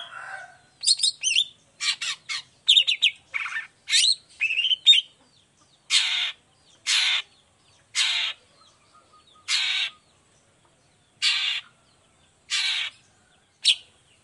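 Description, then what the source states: Long-tailed shrike song: a burst of varied harsh and scratchy notes, then loud buzzy notes repeated with pauses between. Morning 'gacor' cendet song with 'toet toet' notes and full variation, clear voice, said to be easy for any type of cendet to imitate.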